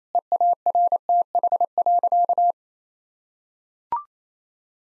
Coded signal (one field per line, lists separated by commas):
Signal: Morse code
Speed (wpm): 27 wpm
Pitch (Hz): 700 Hz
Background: none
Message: EARTH.